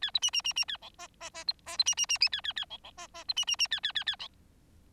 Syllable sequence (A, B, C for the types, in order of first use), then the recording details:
A B C C C C A D E E E B E B C C C C A A A D D E E B C C C A A A A. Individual Bird4